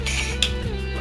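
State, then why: Seated. A new magazine is slid into the top section of a paintball marker, with a brief sliding rasp at the start over a steady tonal hum. At 0.4 s it locks in place with a sharp click, and the magazine is seated.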